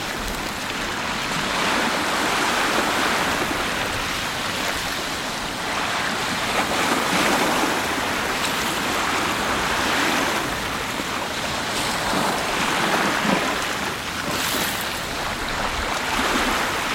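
Waves on the Atlantic coast of Portugal wash in a steady, dense roar that never drops away. The hiss swells gently every few seconds as surf rolls in and breaks, with brighter bursts of spray around seven, thirteen and fifteen seconds.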